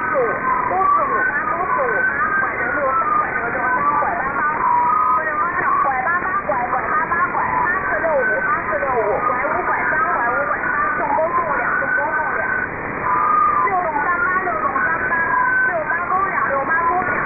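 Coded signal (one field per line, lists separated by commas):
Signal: unidentified radio signal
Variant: VC03, Chinese Robot type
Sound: constant garbled robotic warbling of rapidly changing tones, like scrambled chattering speech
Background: radio static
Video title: Shortwave oddity, Chinese Robot cousin, Chinese VC03, 7548 kHz, USB mode, 28 May, 2023, 1306 UTC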